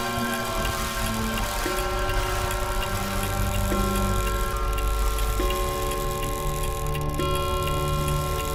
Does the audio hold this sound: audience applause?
no